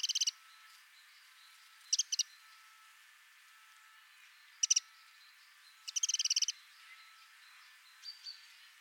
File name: Troglodytes troglodytes